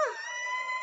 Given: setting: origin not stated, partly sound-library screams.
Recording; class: one-second piece from a danger detection set; woman in danger